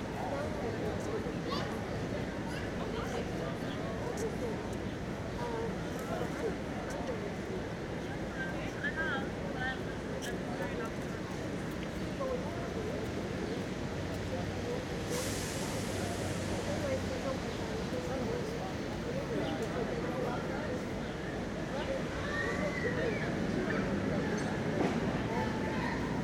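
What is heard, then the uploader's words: Springtime in Washington Square Park: a steady wash of overlapping voices and crowd chatter, with a low rumble of traffic beneath throughout. Washington Square Park in the Springtime.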